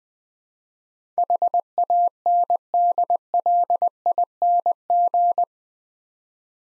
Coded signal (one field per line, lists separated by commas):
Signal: Morse code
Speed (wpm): 20 wpm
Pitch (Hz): 700 Hz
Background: none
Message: HANDLING